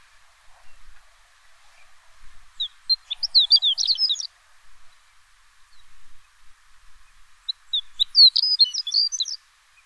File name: shorelark